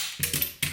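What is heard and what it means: A click-type torque wrench is pulled several times on an engine head bolt, giving short bursts of noise around 0.2, 0.3 and 0.4 seconds. At 0.6 seconds a sharp, loud click rings out as the wrench breaks over at its set value, confirming the bolt has reached torque.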